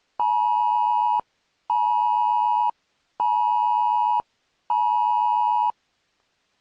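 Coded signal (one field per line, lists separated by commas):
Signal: none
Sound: four electronic beeps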